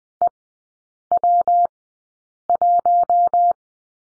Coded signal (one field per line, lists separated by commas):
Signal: Morse code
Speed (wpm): 20 wpm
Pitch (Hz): 700 Hz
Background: none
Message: EW1